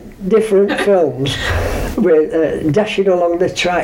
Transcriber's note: laughs